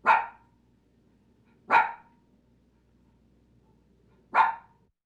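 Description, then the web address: Dog: puppy barks: three short, bright yaps separated by long silent gaps of roughly two seconds, with faint low background noise between them. "Matthew Kramer. Dog, Puppy Barking, Animal"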